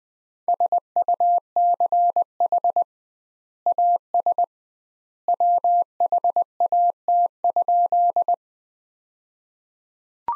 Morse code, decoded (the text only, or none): SUCH AS WHAT?